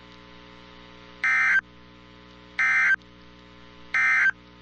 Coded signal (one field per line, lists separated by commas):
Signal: Emergency Alert System (SAME) tones